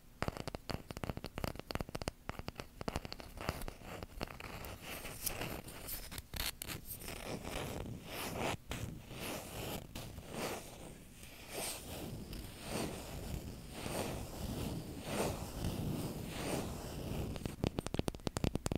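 Tapping and scratching on wood and cork, a dense run of quick, irregular clicks and taps that never really stops. Sharp clusters of taps come at the start and again near the end, with a softer, rasping scratch filling the middle stretch.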